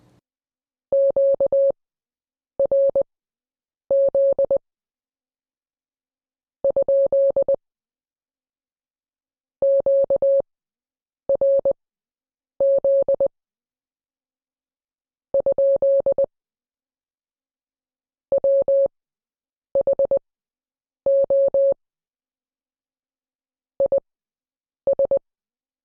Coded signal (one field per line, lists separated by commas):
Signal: Morse code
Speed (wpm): 20 wpm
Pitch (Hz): 550 Hz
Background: none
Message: QRZ ? QRZ ? WHO IS